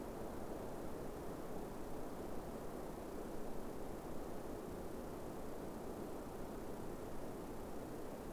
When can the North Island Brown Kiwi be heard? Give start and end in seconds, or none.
none